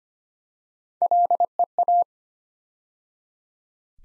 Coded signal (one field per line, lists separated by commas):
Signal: Morse code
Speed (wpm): 25 wpm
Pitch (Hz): 700 Hz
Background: none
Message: LEA